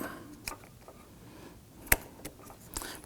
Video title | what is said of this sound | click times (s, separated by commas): How to Replace Tail Lights 2015-2024 Nissan Murano | Press it together. Should hear it and feel it click. | 1.9 s